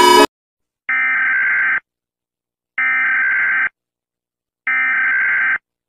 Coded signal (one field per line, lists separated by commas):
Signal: Emergency Alert System (SAME) tones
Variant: header bursts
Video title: Rating EAS Alarm (Part 3)